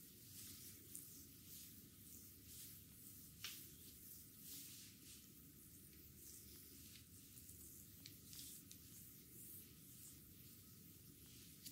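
A close, steady stretch of massage with hands rubbing and squishing over skin, a soft wet hiss running throughout. Small crackles and slaps break through irregularly, with a sharper one near three and a half seconds, over a low muffled rumble in a small room.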